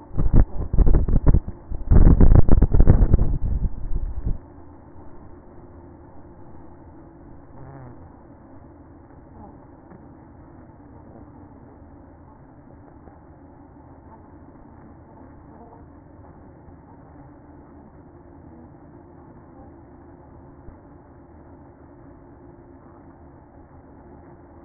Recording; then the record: honeybee colony, microphone inside the hive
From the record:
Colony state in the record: queen present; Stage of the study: after two queens were removed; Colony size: about 60,000 bees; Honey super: yes